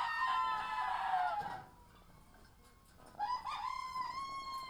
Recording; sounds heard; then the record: poultry house recording; sick chickens (respiratory disease)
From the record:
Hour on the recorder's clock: 17